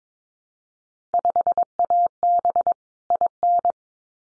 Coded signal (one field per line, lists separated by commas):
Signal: Morse code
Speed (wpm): 22 wpm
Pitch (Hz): 700 Hz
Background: none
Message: 5AB IN